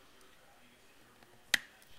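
A slide release part is wiggled into the polymer frame of a Glock pistol during reassembly, with a faint tick near 1.2 seconds. A single sharp, bright click sounds at 1.6 seconds as the part seats and locks fully in place.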